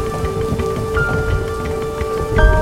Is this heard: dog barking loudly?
no